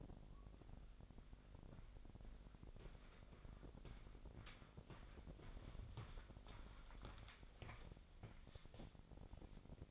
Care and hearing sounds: daily activity, microphone in the room; walk to room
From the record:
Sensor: 5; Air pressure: 999.6 hPa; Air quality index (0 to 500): 222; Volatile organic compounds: 21 ppm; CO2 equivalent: 2724 ppm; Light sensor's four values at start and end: 35/81/32/31 and 33/75/30/29

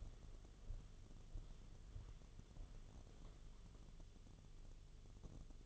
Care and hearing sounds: daily activity, microphone in the room; walk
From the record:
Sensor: 4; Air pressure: 1016.2 hPa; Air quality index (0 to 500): 164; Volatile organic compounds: 6 ppm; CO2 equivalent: 1869 ppm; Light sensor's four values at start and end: 8/17/7/6 and 8/18/7/6

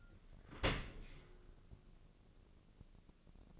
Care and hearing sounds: daily activity, microphone in the room; open dishwasher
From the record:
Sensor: 4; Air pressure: 1013.2 hPa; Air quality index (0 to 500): 170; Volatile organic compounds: 2 ppm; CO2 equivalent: 1072 ppm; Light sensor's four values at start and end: 78/192/80/81 and 78/193/80/81

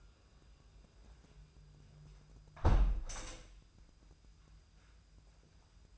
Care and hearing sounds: daily activity, microphone in the room; close window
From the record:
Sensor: 2

